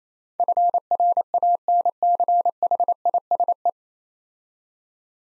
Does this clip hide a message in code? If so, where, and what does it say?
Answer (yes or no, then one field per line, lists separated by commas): yes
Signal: Morse code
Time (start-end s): 0.4-3.7 s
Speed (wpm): 27 wpm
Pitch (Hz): 700 Hz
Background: none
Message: FRANCHISE